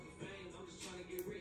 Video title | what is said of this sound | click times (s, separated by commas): ICEGIANT 5MM ROPE CHAIN W MOISSANITE BARREL SLEEK LOCK 🔒 | hear that click do it for you guys again | 1.2 s